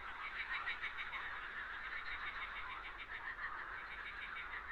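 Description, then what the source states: Frogs calling in a dense chorus, overlapping pulsed croaks merging into a steady rattling hum with bright trills flickering above. Frogs on a lake.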